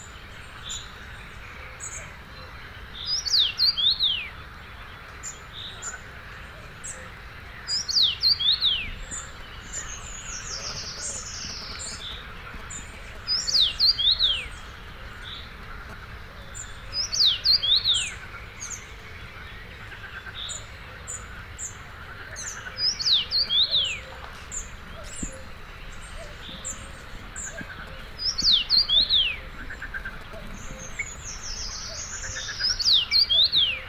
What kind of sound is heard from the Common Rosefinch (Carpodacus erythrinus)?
song